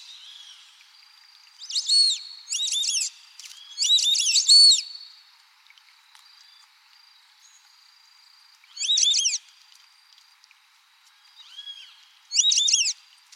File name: canto do irere